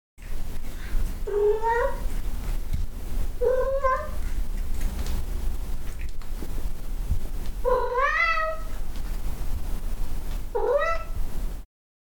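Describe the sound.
Cat producing four rising meows, spaced irregularly, over a low steady hum.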